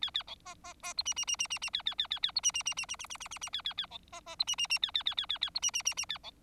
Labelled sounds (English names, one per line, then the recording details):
Bengalese Finch song
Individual Bird4